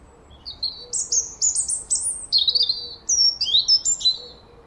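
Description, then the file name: European robin singing a rapid run of thin, high, sweeping notes that leap up and down in pitch. "Erithacus rubecula"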